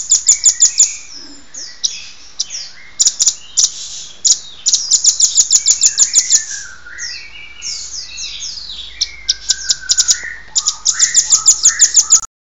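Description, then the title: Songbird song with dense bursts of rapid high chips alternating with lower whistled phrases, continuing throughout. Used to train songbirds. "Master Burung Kicau"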